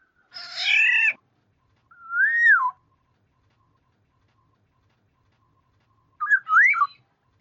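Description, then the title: Black-naped oriole: one harsh nasal mew, then a rising-falling whistle, and after a long silence a warbled fluty phrase. "Kepodang"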